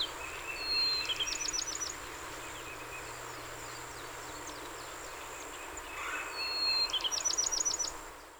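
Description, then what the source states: Bachman's sparrow gives two songs about six seconds apart, each a thin whistle then a rapid high trill, over a steady background hiss. Recorded 30 April 2019; a series of 27 songs.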